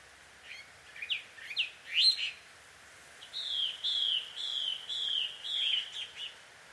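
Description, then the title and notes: Bird calls: a few sharp rising chirps, then a string of slurred whistled notes repeated about twice per second. Birds quarrelling, described as a married couple's fight, at dusk; field recording in Takao, Japan. "鳥の夫婦喧嘩 – Birds Quarrel At Dusk. Recorded in Takao Japan"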